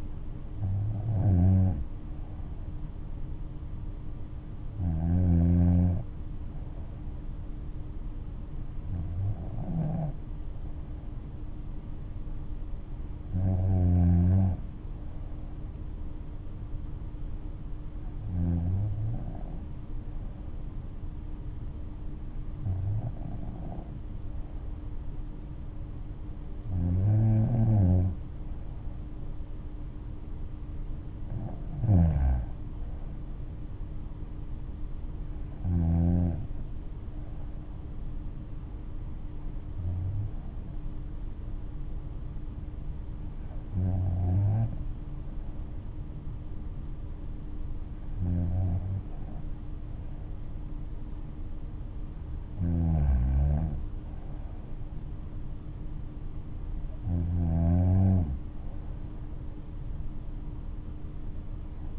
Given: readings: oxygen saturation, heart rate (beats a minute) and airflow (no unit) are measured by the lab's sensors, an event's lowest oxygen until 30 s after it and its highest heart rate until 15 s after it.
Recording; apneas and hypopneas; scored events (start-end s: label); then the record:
breathing in sleep by a smartphone at the bedside; none
16.00-46.00 s: new sleep stage, N3 (deep sleep)
46.00-61.99 s: new sleep stage, N2 (light sleep)
From the record:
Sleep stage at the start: N2 (light sleep); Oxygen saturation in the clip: 94 to 95%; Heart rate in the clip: 58 to 71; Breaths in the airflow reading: 14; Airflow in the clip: -6.0 to 7.3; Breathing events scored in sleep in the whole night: 228 in 5.4 hours asleep